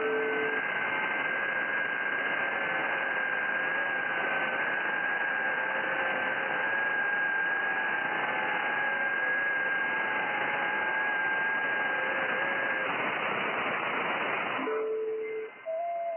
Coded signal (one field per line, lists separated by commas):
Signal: FT8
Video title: FT8 運用動画 28Mhzでアルゼンチン、ベトナム、オーストラリアと交信しました。JH4MTE